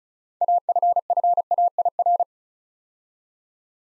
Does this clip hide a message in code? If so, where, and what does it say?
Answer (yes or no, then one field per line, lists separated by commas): yes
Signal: Morse code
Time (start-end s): 0.4-2.2 s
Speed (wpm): 36 wpm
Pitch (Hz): 700 Hz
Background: none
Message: AFFAIR